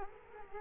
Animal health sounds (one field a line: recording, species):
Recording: mosquito wingbeat signal from an infrared sensor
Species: Culex quinquefasciatus